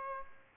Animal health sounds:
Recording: mosquito wingbeat signal from an infrared sensor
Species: Aedes albopictus

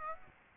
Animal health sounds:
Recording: mosquito wingbeat signal from an infrared sensor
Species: Aedes aegypti

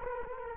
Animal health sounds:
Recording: mosquito wingbeat signal from an infrared sensor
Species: Culex quinquefasciatus

